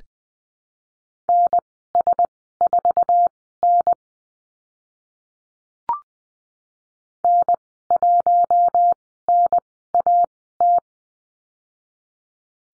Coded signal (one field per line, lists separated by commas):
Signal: Morse code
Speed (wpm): 20 wpm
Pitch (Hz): 700 Hz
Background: none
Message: NS4N N1NAT